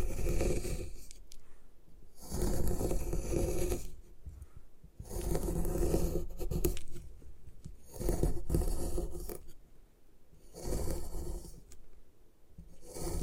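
Gym chalk is being crushed and ground in repeated gritty, scraping bursts, each lasting about one to two seconds. Between bursts come brief quieter pauses filled with faint rustling. The rough, crunching strokes return at a fairly regular pace, roughly every two to three seconds.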